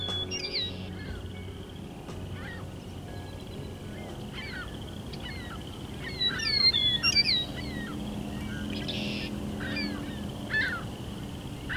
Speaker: A lone male meadowlark landed in a tree nearby me, so I set up a recorder, pointing it at the bird as he sang for several minutes.